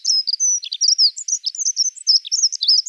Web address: Prunella modularis